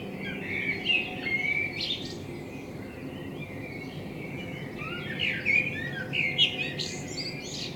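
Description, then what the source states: Common blackbird song in two bursts, brief warbling notes ending in thin high twitters, with a quiet gap between and a low background hum. Binaural recording with a self-built dummy head, in front of the recordist's window; intended for headphone listening.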